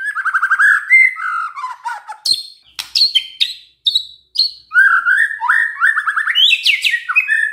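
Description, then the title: White-rumped shama giving a busy, varied song of rolling warbles, falling slurs and sharp high upswept notes, delivered in quick bursts. Lure recording of shama song, played to prompt lazy or unwilling white-rumped shamas to start singing. "PANCINGAN MURAI BATU. SIULAN MURAI BATU❗ PANCINGAN MURAI MALAS AGAR BUNYI"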